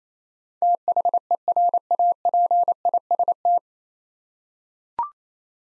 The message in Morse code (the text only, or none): THERAPIST